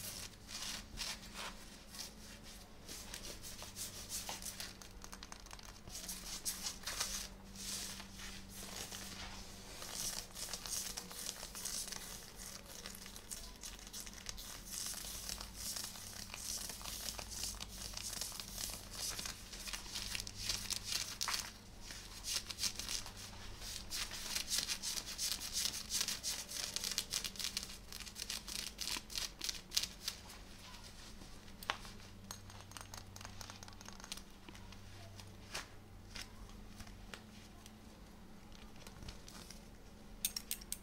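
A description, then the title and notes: Fabric scratching, like fingernails dragging over jeans and a shirt, runs continuously for the whole stretch as dense, bright, hissy rubbing strokes. The strokes come fast and uneven, with sharper crinkly bursts clustering around the middle, over a faint low steady hum. FABRIC SCRATCHING(Jeans shirt skin scratching, belt sounds).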